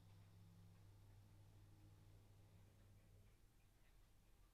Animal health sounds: poultry house recording; no chicken sound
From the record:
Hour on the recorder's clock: 11

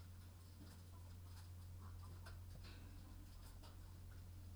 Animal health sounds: poultry house recording; sick chickens (respiratory disease)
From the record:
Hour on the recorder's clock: 22

